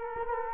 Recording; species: mosquito wingbeat signal from an infrared sensor; Culex quinquefasciatus